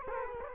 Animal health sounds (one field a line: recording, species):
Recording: mosquito wingbeat signal from an infrared sensor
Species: Culex quinquefasciatus